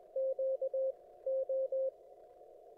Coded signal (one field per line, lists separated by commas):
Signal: Morse code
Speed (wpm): 21 wpm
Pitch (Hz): 530 Hz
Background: radio noise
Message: Q O